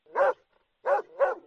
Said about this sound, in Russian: Да. Давай, давай, гавкай, гавкай.